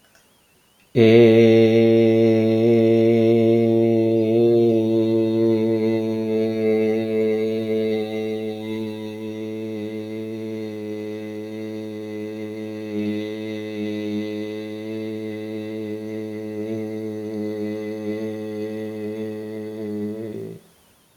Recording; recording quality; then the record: sustained vowel as in made; excellent, no background noise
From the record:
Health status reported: recovered from COVID-19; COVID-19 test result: negative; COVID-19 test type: RT-PCR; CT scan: taken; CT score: 5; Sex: male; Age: 49 years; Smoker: no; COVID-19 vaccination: both doses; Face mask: not worn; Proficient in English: yes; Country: India